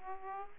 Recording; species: mosquito wingbeat signal from an infrared sensor; Aedes aegypti